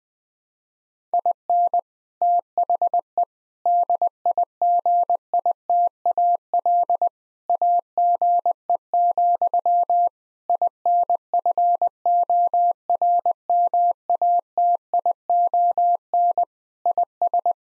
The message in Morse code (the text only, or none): IN THE DIGITAL AGE, INFORMATION IS